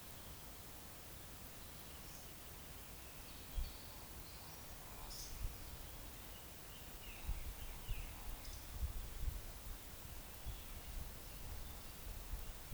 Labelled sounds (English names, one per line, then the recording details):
Eurasian Woodcock
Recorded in Baden-Württemberg, Germany, on 11 June 2021 at 19:38 UTC
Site 45520, 595 m above sea level